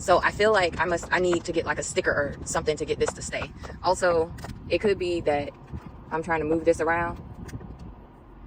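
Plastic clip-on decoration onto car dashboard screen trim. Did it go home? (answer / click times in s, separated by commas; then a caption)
partly / 7.5 s. A small plastic clip-on decoration is pressed onto the interior trim near the screen of a 2026 Chevy Trailblazer while someone talks. A short snap is heard at 7.5 s. It does not fully seat because the screen protector keeps it from getting under the trim, and it comes off as soon as it is moved.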